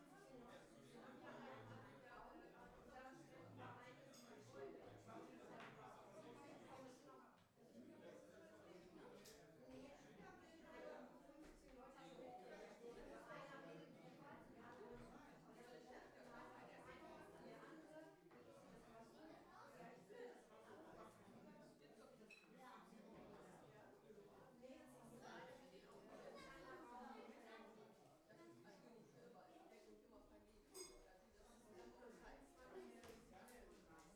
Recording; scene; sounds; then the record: everyday scene through a hearing-aid microphone; many people talking; many voices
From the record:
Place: parish hall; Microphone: behind the ear, right, front